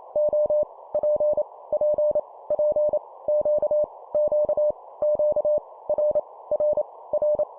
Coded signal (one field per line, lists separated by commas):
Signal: Morse code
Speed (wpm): 28 wpm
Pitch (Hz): 600 Hz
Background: none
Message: O P P P Q Q Q R R R